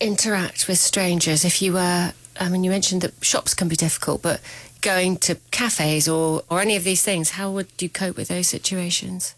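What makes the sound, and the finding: Adult interviewer. Fluent speech.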